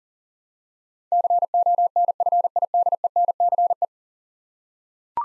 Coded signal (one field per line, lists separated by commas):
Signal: Morse code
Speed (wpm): 39 wpm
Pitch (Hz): 700 Hz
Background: none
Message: CONFIDENCE